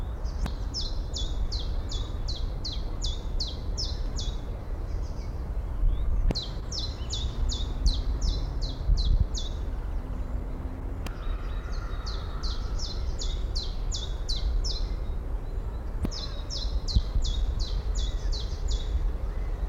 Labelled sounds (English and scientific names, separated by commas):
Common Chiffchaff (Phylloscopus collybita)